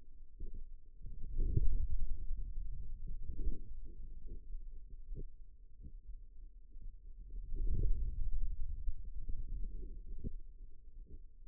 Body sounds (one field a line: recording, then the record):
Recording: forearm muscle sounds (acoustic myography)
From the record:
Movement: hand closing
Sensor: system 2, bracelet of six BSWA MPA416 microphones around the upper forearm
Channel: 4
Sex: male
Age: 22 years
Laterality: right